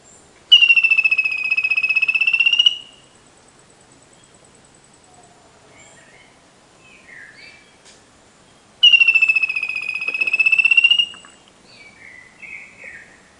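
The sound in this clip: Bird call: a high, steady trilled note held about two seconds, given twice roughly eight seconds apart, with faint chirps between.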